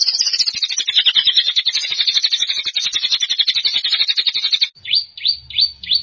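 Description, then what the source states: Canary song: a dense warbling rattle of rapid high notes for several seconds, ending in four rising slurred whistles. Champion singing canary.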